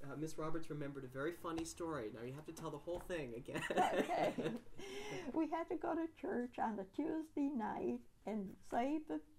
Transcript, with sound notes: Miss Roberts remembered a very funny story, now you have to tell the whole thing again. [Laughs]
Okay. We had to go to church on the Tuesday night and say the,